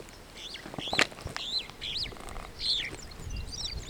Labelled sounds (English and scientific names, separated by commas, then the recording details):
Superb Starling (Lamprotornis superbus) flight call
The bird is a female
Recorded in Kenya on 9 June 2010
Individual 70, of group MRCV